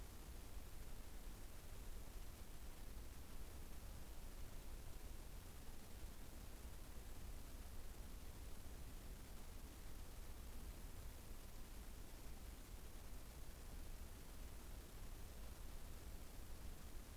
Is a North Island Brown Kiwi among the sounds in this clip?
no